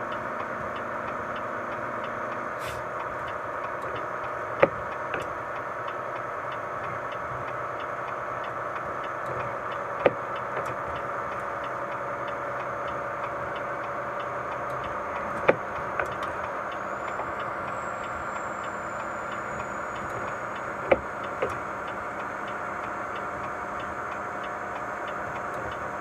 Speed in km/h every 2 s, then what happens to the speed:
41, 41, 41, 42, 42, 42, 43, 42, 44, 44, 44, 44, 44.
0-26 steady at about 42.